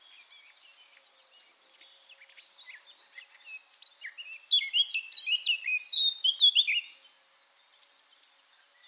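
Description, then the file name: Eurasian blackcap song: quiet, scratchy twittering builds into a loud, fluty whistled phrase in the middle, then fades back to soft chirps. "Sylvia atricapilla"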